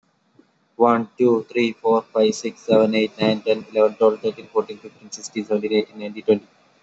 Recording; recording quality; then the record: counting at a fast pace; excellent, no background noise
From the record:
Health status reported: COVID-19 positive, mild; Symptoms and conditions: loss of smell and taste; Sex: male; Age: 22 years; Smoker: not ticked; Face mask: worn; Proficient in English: yes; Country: India